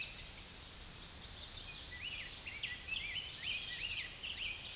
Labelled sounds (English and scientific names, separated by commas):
Tennessee Warbler (Leiothlypis peregrina) song